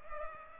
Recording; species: mosquito wingbeat signal from an infrared sensor; Culex pipiens